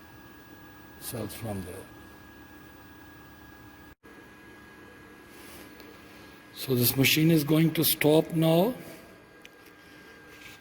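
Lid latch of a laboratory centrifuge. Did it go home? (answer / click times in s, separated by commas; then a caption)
released / 9.4 s. Someone talks over the low hum of a laboratory centrifuge as it spins down. Once the rpm reaches zero, the centrifuge's lid latch interlock releases with a short, sharp click at 9.5 s. The lid is now unlocked and can be opened to take out the tubes.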